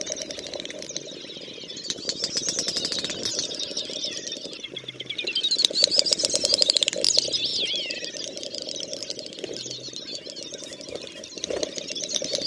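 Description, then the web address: Great snipe producing rapid ticking clicks and looping high twittered whistles, with a louder bubbling sweep in the middle before quieter clicking resumes. "Przyroda Ptaki Dubelt"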